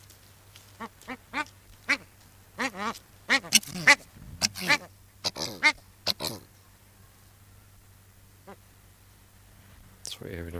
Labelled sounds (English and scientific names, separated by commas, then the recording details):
Australian Shelduck (Tadorna tadornoides) call
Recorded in captivity
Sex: pair
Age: adult
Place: Zoo Rostock, Mecklenburg-Vorpommern, DE
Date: 1984-02-04 14:33
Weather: overcast, 3-6°C
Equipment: Nagra SN, Kopie Uher 4000 Report Monitor
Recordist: Tembrock, Günter
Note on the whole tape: Paar: diverse Laute